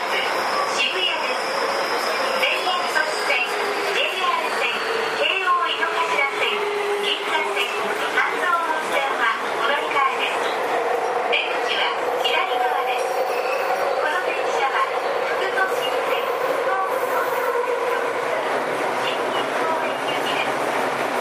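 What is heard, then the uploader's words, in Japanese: A steady, loud ride inside a commuter train, with dense rolling rattle and clatter throughout. A motor whine glides in pitch around five to eight seconds, a thin high tone fades early on, and faint voices sit beneath the running noise. 東急5050系4000番台 元町・中華街ー渋谷。東急東横線、みなとみらい線で録音をしました。東急5050系 元町•中華街-渋谷。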